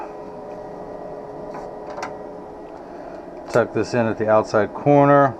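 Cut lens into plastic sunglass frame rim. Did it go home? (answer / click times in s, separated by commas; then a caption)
no / none. A cut non-prescription blue light lens is handled and lined up against the plastic rim of an Oakley Frogskin sunglass frame, tucked in at the outside corner before being pushed home. A steady low hum and faint handling ticks around 1.5–2.0 s fill the first part, then someone talks from about 3.5 s. The lens has not yet snapped in, and nothing has clicked in this stretch.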